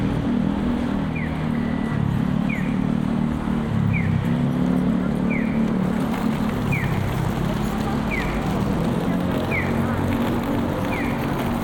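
A walk through the city, filled with a steady, dense rumble of traffic and low engine drone that holds level throughout. A short bright chirp, like a bird call or signal beep, repeats about every 1.3 seconds above the noise.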